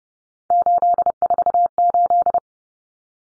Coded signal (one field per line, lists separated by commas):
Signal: Morse code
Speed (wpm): 30 wpm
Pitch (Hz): 700 Hz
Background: none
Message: 848